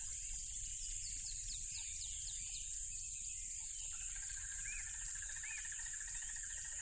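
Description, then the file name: Crickets give a loud, steady high-pitched drone throughout, with a few arched whistles and chirps from birds, and a pulsed mid-pitched trill joins in the second half. Loud crickets by a tropical river. "smartsound ATMO NATURE Tropical River Loud Crickets"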